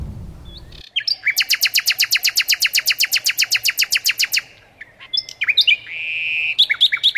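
A bird sings a fast, steady trill of high, evenly repeated notes for several seconds, followed by scattered shorter chirps and a brief sustained whistle, with no voices.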